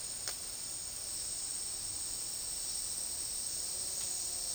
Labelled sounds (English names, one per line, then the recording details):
none
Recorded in dense forest near Puerto Asís, Putumayo, Colombia, on 24 March 2025 at 15:00
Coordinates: 0.503, -76.323
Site GP09